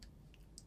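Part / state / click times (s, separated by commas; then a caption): memory card into mirrorless camera card slot / seated / 0.6 s. A memory card is pushed, contacts facing the back, into the card slot of a Canon EOS M50 mirrorless camera. After two fainter ticks near 0.0 s and 0.3 s, a short, sharp click at 0.6 s marks the card latching into place, seated.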